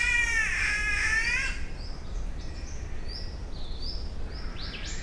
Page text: Голоса птиц - Зелёная птица-кошка (Ailuroedus crassirostris)